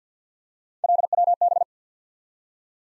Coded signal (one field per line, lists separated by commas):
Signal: Morse code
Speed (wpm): 48 wpm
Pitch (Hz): 700 Hz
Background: none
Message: LWB